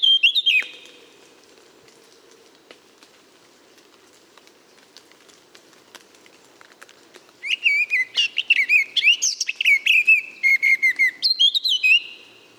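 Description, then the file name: Eurasian blackcap: a brief snatch of song at the start, about seven seconds of quiet, then a lively warbled phrase ending in clear fluting whistles. "Sylvia atricapilla"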